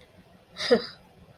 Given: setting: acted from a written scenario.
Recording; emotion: vocal sound without words; contempt